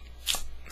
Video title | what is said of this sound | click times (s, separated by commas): DOTM preview optimus prime review | and then you have to kind of pull the feet until they click, which is it. | 0.3 s